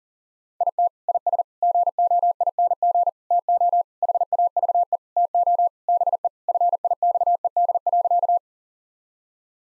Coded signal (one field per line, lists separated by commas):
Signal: Morse code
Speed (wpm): 40 wpm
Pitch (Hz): 700 Hz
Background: none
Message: IT IS GOING TO HAVE TO BE FIXED.